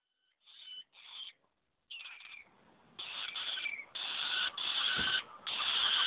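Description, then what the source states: Red-backed shrike juvenile giving harsh, raspy rattling calls, starting with a few short bursts and then running into longer, louder grating phrases. Juvenile bird.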